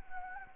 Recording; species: mosquito wingbeat signal from an infrared sensor; Anopheles arabiensis